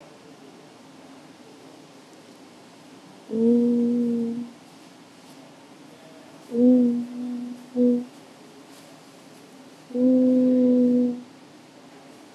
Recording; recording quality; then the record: sustained vowel as in boot; moderate, slight background noise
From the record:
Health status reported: COVID-19 positive, mild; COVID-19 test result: positive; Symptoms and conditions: cough, cold, fever, muscle pain, hypertension, diabetes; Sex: female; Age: 49 years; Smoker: not ticked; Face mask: not worn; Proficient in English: yes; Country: India